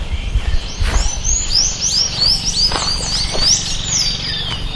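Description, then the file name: Sayaca tanager calls: thin, high squeaky notes repeated quickly in an uneven series, over steady low background noise. Recorded at Itaparica on 12 January 2017. "Thraupis-sayaca--- 2017-01-12-Itaparica---Jorge-La-Grotteria"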